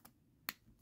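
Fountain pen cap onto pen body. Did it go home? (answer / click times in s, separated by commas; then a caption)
yes / 0.5 s. A cap is pushed back onto a metal-bodied Diplomat Magnum fountain pen and snaps shut with one sharp click at 0.5 s, after a fainter tick near 0.1 s. The cap seats fully.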